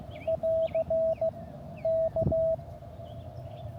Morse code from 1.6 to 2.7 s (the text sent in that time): K